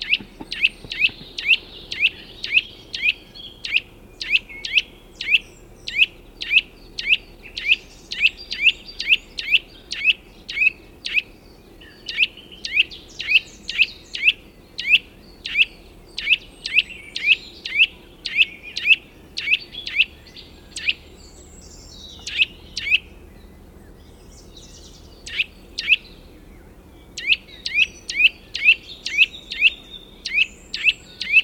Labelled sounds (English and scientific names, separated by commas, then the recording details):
Eurasian Nuthatch (Sitta europaea) call
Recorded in the wild
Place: Bicaz, Moldova, RO
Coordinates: 46.91, 26.085
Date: 1973-04-19
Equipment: Nagra III BH, Sennheiser MD 21, parabola
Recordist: Schubert, Michael